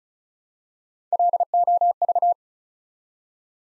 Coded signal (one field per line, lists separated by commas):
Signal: Morse code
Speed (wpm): 36 wpm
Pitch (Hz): 700 Hz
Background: none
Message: LOV